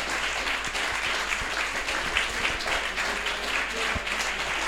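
A crowd applauds steadily, many hands clapping in a dense, continuous wash of noise that stays at an even, fairly loud level throughout, with no voices standing out.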